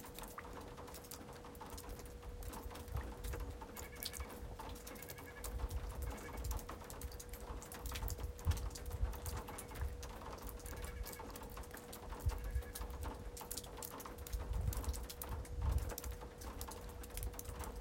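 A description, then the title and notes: Water drops patter densely and irregularly over a steady ringing chime tone, with low splashing rumbles from car tires swelling around eight and fifteen seconds. March 8 porch. Water drops chimes in b flat crows car tires splashing water on black pavement.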